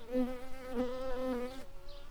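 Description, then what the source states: Shrill carder bee buzzing, a steady low droning hum with rich overtones that wavers slightly in pitch before easing off near the end. Worker bees.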